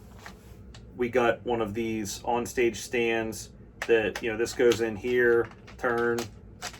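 Someone talks while handling a plastic guitar stand mount from a subscription box, inserting one piece into its base and starting to twist it. Two brief faint handling sounds come early in the clip. The clip ends before the twist-lock mount goes home, so nothing has seated or clicked yet.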